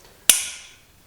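A pair of Facom self-adjusting locking pliers is squeezed closed after its tension screw has been adjusted. At 0.3 s the toggle mechanism snaps over centre with one sharp metallic click that rings out briefly and fades by about 0.8 s. The pliers lock shut.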